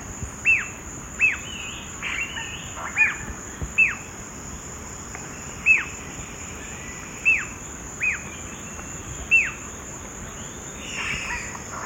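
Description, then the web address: Yellow-billed jacamar uttering sharp, high whistled notes that fall away, at irregular intervals, backed by a steady shrill insect buzz. Eastern lowlands of South America. "Natures Songs S America Eastern Lowlands. Yellow-billed Jacamar"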